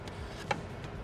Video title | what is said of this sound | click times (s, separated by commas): Know Your Porsche - How to DC Fast Charge a 2025 Porsche Macan Electric | Wait till it clicks and it'll stay down for you. | 0.5 s